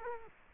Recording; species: mosquito wingbeat signal from an infrared sensor; Culex quinquefasciatus